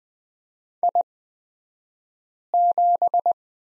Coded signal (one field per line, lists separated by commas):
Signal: Morse code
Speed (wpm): 20 wpm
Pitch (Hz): 700 Hz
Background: none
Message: I7